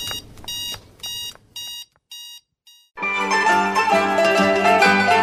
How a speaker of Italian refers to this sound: non puoi fuggire. L'allarme scatterà.